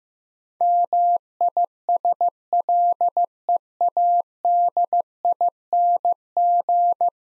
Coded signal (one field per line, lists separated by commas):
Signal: Morse code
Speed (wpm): 15 wpm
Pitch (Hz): 700 Hz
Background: none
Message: MISLEADING